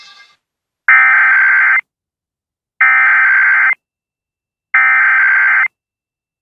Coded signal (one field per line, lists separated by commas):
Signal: Emergency Alert System (SAME) tones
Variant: header bursts